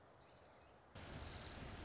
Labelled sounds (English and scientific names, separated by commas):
Orange-crowned Warbler (Leiothlypis celata)